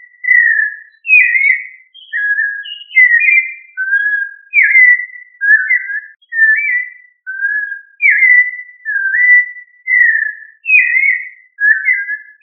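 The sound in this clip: Thrush song: a long, varied string of fluty whistles, slurred up and down, repeated in quick succession over a clean, quiet background.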